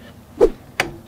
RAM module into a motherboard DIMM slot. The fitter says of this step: memory just snaps into place